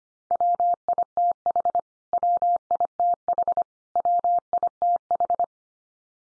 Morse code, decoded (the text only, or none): WITH WITH WITH